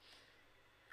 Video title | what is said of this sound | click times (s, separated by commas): The Sweetheart Shoulder Bag- Full Tutorial-Sew Yours | now you're going to take your other lining panel put it right sides together i'm going to click my magnetic snaps into place here | 0.9 s